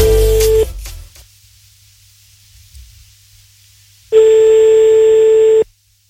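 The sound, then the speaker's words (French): Two loud, steady electronic telephone tones, a short one and then a longer one about a second and a half, separated by a few seconds of near silence, as a call is placed again. “Recompose le numéro de téléphone.”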